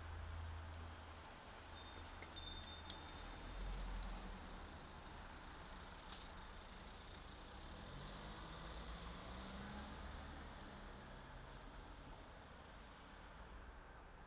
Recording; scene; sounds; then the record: everyday scene through a hearing-aid microphone; in traffic; traffic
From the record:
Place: city secondary road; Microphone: in the ear canal, right